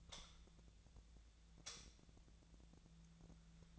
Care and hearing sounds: daily activity, microphone in the room; light on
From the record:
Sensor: 3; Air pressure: 1009.9 hPa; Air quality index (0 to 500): 190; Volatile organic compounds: 14 ppm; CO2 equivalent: 2470 ppm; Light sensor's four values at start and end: 40/100/43/46 and 46/116/50/52

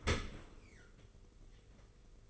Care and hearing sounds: daily activity, microphone in the room; open dishwasher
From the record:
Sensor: 4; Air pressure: 991.3 hPa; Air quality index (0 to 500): 157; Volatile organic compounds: 123 ppm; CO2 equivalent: 3894 ppm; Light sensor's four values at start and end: 22/74/27/28 and 22/74/27/28

